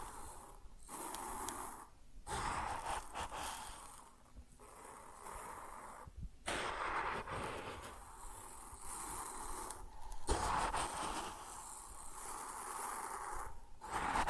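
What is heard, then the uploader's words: Grain pours and rustles in dense, hissing bursts, separated by brief pauses roughly every two seconds, bright and gritty throughout. ASMR Grain Sounds (No Talking).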